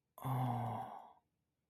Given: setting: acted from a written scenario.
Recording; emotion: vocal sound without words; romantic love